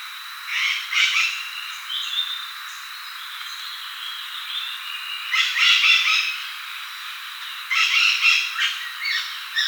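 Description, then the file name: Bird calls: short rasping squawks in scattered clusters, a pair near the start, then longer grating bursts later, with soft chirps between and a constant thin whine behind. "SABIOD 50 bird 2015"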